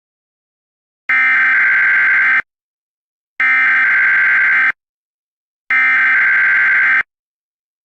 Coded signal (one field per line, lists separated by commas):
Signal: Emergency Alert System (SAME) tones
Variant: header bursts